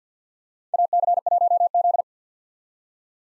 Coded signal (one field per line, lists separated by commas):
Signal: Morse code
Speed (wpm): 50 wpm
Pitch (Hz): 700 Hz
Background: none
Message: AC1Z